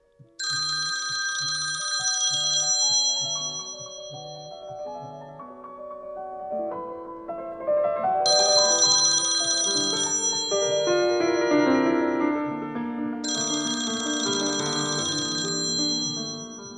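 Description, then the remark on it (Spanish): A telephone rings in three bright, buzzing bursts, each lasting a couple of seconds, with pauses between, over a steady bed of melodic instrumental music; the phone is in a house on Calle Obligado, and the call is from the Presidency of the Nation. “Un día en la casa de la calle Obligado, sonó el teléfono.”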